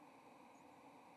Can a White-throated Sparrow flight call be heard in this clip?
no